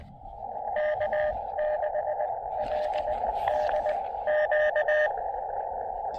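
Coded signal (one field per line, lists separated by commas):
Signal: Morse code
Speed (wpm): 20 wpm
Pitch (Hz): 610 Hz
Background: radio noise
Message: K6LDQ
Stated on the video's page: Summits On The Air QRP activation with an Elecraft KX2 and a Chameleon CHA MPAS Lite antenna on Bearwallow Mountain.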